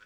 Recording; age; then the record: pig call; piglet (1 to 25 days)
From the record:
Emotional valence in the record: positive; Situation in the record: short reunion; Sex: male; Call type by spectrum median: low-frequency call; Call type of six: low-frequency tonal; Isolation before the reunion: 3 minutes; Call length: 0.06 s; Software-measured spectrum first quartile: 1417 Hz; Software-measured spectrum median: 1661 Hz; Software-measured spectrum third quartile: 2844 Hz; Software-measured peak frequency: 1495 Hz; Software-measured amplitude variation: 84 dB a second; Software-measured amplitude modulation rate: 7.8 a second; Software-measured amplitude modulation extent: 10.7 dB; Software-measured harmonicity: 4.7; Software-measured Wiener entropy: -1.38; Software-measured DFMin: 892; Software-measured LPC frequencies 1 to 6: 1491, 2476, 3341, 4559, 5476, 6119 Hz